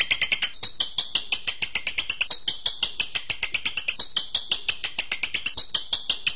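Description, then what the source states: Bird giving sharp, bright chips repeated rapidly and fairly evenly. Masteran recording used to train birds.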